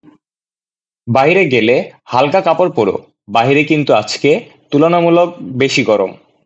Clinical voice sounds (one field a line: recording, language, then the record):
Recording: elicited speech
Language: Bengali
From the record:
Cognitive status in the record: cognitively healthy